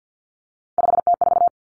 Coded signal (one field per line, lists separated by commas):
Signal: Morse code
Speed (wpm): 50 wpm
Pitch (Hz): 700 Hz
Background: none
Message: 5T4